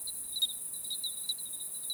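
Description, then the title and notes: Bell cricket, a short stretch of high ringing tone with several brief chimes, over a steady buzzing insect background. Night of 28 July 2018, 22:00 to 02:00; common here at 1000 m altitude on a limestone plateau in the Haut-Diois. "Grillon tintinnabulant. Haut Diois"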